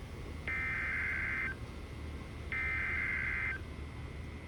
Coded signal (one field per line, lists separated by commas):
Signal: Emergency Alert System (SAME) tones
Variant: header bursts